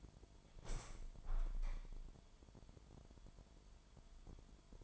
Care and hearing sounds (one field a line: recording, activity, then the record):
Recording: daily activity, microphone in the room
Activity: open window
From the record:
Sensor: 5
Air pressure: 998.7 hPa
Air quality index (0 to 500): 98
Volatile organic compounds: 2 ppm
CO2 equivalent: 1130 ppm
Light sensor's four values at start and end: 32/79/33/37 and 32/79/33/37